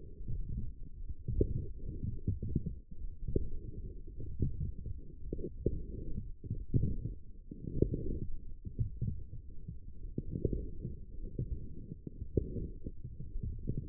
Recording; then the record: forearm muscle sounds (acoustic myography)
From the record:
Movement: forearm supination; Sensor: system 1, eight BSWA MPA416 microphones around the upper forearm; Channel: 7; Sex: male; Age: 18 years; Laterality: right